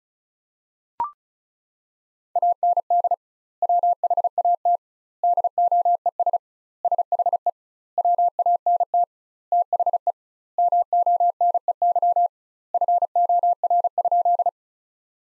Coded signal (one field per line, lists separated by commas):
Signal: Morse code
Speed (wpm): 34 wpm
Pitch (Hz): 700 Hz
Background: none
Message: AND WHAT DOES SHE WANT THE MONEY FOR?